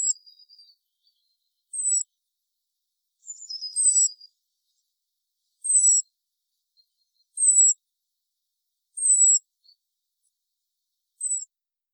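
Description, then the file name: European robin calls: thin, very high, slightly descending notes, given singly at irregular intervals of one to two seconds. "Erithacus rubecula"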